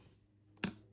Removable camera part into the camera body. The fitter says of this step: there we go got it snap back in there um